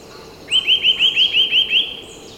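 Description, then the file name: Eurasian nuthatch calling: a brisk series of roughly eight upslurred, piping whistles at a steady pace, then silence. "Sitta europaea"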